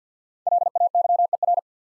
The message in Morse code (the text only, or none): LAYER